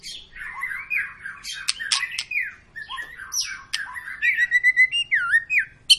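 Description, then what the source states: White-rumped shama song of mixed harsh notes and clear whistles, closing with quick looping high phrases and a swooping slur. Long, energetic lure song used to prompt other birds to sing.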